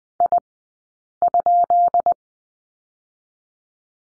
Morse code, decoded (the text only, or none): I?